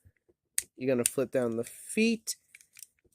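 Plastic leg sections of a transforming robot toy, closed up with the helicopter head twisted out, snap into place with a loud, sharp click at 0.6 s, and the parts are seated. Someone then talks, and a few faint small clicks follow near the end.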